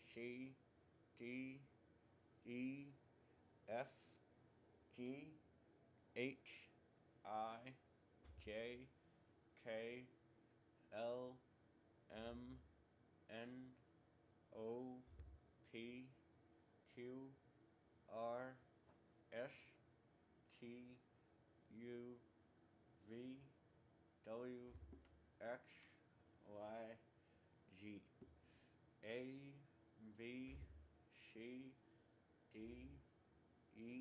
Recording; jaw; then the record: letters of the alphabet, spoken; constrained by a bite bar between the teeth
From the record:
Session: first day, right after the free take